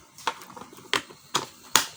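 The latches of the plastic carry case for a FUYAON Steam cordless high-pressure washer gun snap shut, locking the lid onto the case body with sharp clicks at 0.9 s and 1.8 s, among other quieter knocks at 0.3 s and 1.4 s. Even though the case is locked, the lid still gapes open at the seam, so it can pop open on its own while riding.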